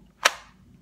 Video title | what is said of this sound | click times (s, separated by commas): Best Hybrid IWB Combo Holsters - Hunt Ready Holsters 10% Off BIGJ | positive click this | 0.3 s